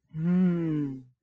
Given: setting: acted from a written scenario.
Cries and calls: vocal sound without words; desire

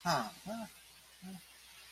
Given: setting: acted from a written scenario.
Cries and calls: vocal sound without words; neutral

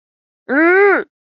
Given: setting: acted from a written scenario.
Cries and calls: vocal sound without words; anger

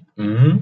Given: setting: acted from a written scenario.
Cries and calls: vocal sound without words; confusion

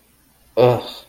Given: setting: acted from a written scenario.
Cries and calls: vocal sound without words; contempt

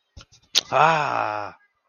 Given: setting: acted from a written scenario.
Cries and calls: vocal sound without words; negative surprise

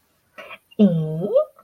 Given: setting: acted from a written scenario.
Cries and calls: vocal sound without words; interest

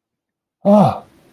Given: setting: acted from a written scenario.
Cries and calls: vocal sound without words; positive surprise

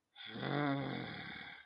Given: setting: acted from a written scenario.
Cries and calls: vocal sound without words; shame

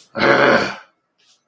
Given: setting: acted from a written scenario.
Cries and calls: vocal sound without words; anger

